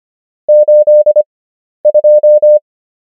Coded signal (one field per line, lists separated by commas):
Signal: Morse code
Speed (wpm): 25 wpm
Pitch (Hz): 600 Hz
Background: none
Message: 82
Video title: morse code practice | 25wpm | 11fw | numbers | ENGLISH